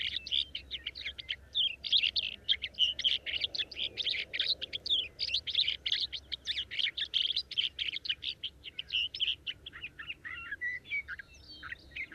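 Sage thrasher singing a sustained, fast jumble of scratchy and sweet warbled notes, pitched fairly high, pouring on for over twelve seconds with faint low background hum.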